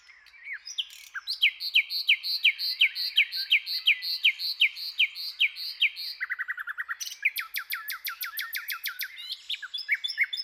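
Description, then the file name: Common nightingale song: a long series of repeated, clicking descending notes, then a faster rattle of lower notes and rapid high trills, nearly continuous throughout. "Luscinia megarhynchos"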